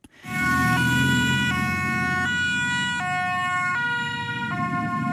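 ambulance sirens

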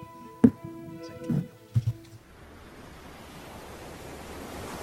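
ocean waves breaking

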